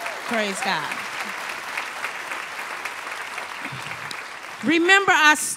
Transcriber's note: applause